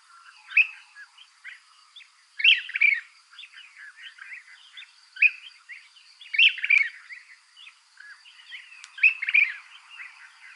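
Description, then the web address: Brown-crested flycatcher calls: irregular bursts of sharp, rolling chattered notes, with softer chips between them. Recorded in Ecuador. "Birds of Ecuador. Brown-crested Flycatcher"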